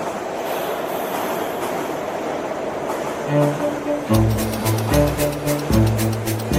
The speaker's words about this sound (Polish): Ja przez pierwszych parę miesięcy po przyjeździe patrzyłem na Nowy Jork z dołu, a metro nowojorskie, którym jeździ codziennie ponad 3,5 miliona ludzi, też nie ma nic wspólnego z eleganckim i czystym metrem na przykład w Waszyngtonie.